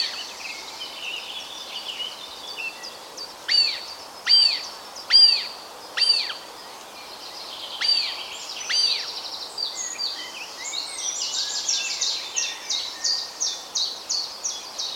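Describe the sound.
Harrier calls: several arched whistled notes, over steady twittering of other small birds that grows busier toward the end.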